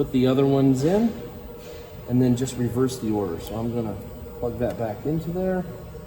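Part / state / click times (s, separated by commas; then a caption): battery pack plastic plug into robot arm battery connector / not seated / none. A man talks while handling the plastic plug of a replacement battery pack, about to plug it back into its mating battery connector on a Cooper welding cobot robot arm. Nothing has seated or clicked yet.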